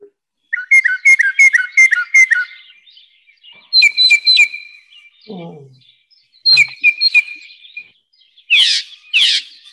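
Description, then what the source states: Northern mockingbird song: a rapid run of repeated whistled notes, then several varied chirpy phrases, each repeated a few times before switching, ending with two harsh raspy notes. Recording played back in a talk; imitates other birds and sounds, repeating each sound 3 to 4 times before moving to another.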